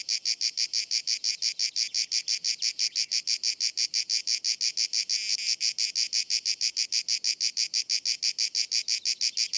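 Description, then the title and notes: Grey cicada singing a fast, steady train of harsh pulses, loud throughout. Most abundant and best-known cicada; its particular rhythm makes it easy to recognise; called Cacan in Provence. "Nouvelle cigale dans &quot;ECOUTEZ NATURE&quot"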